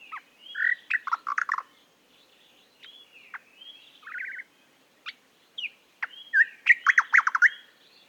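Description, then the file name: Eastern nicator giving loud, explosive bursts of fast, harsh chattering notes, separated by quieter whistled phrases and slurred notes. "British Library - Eastern Nicator Nicator gularis"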